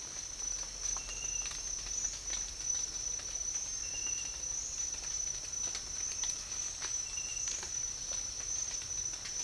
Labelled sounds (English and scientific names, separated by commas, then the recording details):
none
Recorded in dense forest near Puerto Asís, Putumayo, Colombia, on 19 March 2025 at 07:00
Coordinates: 0.503, -76.323
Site GP09